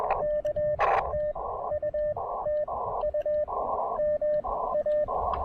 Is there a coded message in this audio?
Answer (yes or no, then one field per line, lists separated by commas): yes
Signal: Morse code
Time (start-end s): 0.2-5.0 s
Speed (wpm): 21 wpm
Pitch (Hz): 590 Hz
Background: radio noise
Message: K TU TU MA